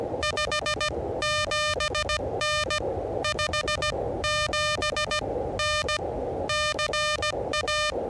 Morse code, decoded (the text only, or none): 57N 57N CA